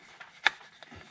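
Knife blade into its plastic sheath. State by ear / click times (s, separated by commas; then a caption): seated / 0.5 s. A thick bushcraft knife is pushed into its plastic sheath. A sharp snap at 0.5 s marks it seating, with fainter scraping sounds before and after. The knife snaps fully into the sheath.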